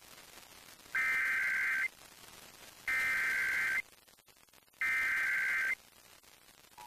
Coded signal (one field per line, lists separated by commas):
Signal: Emergency Alert System (SAME) tones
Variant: header bursts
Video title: Los Angeles Required Monthly Tests (EAS #6170-6236) 3/29/22